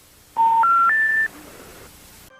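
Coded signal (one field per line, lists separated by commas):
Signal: telephone call progress tone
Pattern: special information tone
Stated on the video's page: Telephone tone within a fictional EAS scenario.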